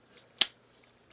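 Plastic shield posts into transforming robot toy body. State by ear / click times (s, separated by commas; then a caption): seated / 0.4 s. A plastic shield piece on a transforming robot toy is swung around so its posts go into their holes in the body, and it snaps into place with a sharp click at 0.4 s. A fainter tick follows near 1.2 s.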